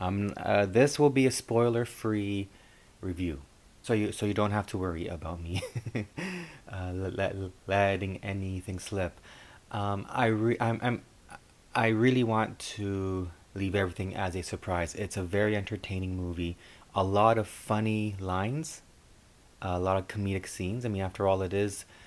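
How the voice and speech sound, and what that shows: Adult man speaks with part-word and word repetitions, fillers such as 'um' and a stretched sound, fitting mild stuttering.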